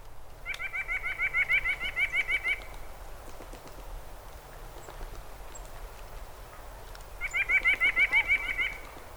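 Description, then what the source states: White-breasted Nuthatch calling, a rapid nasal series of even notes lasting about two seconds, repeated after a pause of roughly four and a half seconds. Usual nuthatch of the Ozarks, found throughout woods, towns and forests; said to be doing well.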